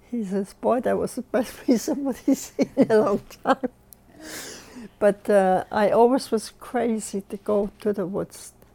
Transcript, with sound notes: he says, boy that was the best piece of wood he's seen in a long time. (she laughs) But I always was crazy to go to the woods.